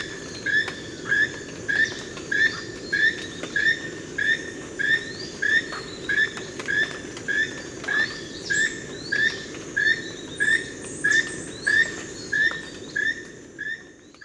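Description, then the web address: Keel-billed toucan giving a long series of short, dry, croaking notes, repeated about every two thirds of a second, over steady background noise. "tucanes ramphastos sulfuratus"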